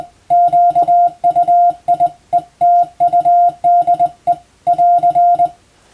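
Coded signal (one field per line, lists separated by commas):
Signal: Morse code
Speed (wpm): 21 wpm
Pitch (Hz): 700 Hz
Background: music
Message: QUIETUDE <AR>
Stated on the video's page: Morse sent with a telegraph key as training for the radiotelegraph operator licence exam, using English-text telegram practice material; also for amateur reception practice.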